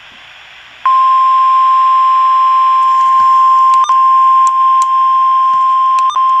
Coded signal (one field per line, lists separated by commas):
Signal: Emergency Alert System (SAME) tones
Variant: 1050 Hz attention tone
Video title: River Flood Warning (EAS #369)